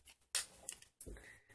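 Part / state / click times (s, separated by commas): plastic toy car doors into the car body / seated / 0.3 s, 1.0 s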